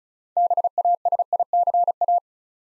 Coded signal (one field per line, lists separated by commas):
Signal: Morse code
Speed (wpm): 36 wpm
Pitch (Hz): 700 Hz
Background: none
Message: BASICA